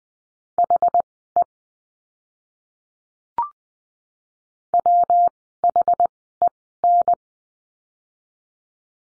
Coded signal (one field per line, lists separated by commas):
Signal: Morse code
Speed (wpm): 20 wpm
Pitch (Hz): 700 Hz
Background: none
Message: HE WHEN